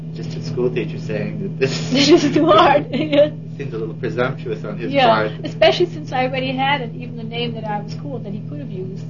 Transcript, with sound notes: Just a school teacher saying that this--
This is too hard. (Chuckle) Yes.
Seems a little presumptuous on his part.
Yes. Especially since I already had it, even the name that I was called that he could have used.